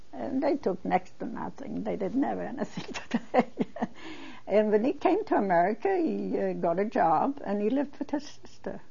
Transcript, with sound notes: And they took next to nothing. They didn't have anything to take. (She laughs.) And when he came to America he, uh, got a job and he lived with his sister.